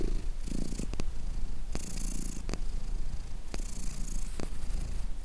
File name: Cat purring